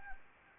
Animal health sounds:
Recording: mosquito wingbeat signal from an infrared sensor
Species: Anopheles arabiensis

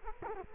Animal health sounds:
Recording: mosquito wingbeat signal from an infrared sensor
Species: Culex quinquefasciatus

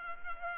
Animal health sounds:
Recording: mosquito wingbeat signal from an infrared sensor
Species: Culex pipiens

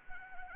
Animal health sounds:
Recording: mosquito wingbeat signal from an infrared sensor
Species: Anopheles arabiensis

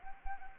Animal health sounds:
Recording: mosquito wingbeat signal from an infrared sensor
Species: Anopheles arabiensis

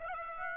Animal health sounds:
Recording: mosquito wingbeat signal from an infrared sensor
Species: Aedes aegypti

